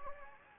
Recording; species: mosquito wingbeat signal from an infrared sensor; Anopheles gambiae